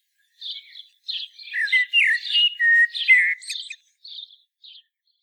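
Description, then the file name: Common blackbird giving a run of varied chirping and squeaky warbled notes for about three seconds, followed by two short high notes. "Turdus merula"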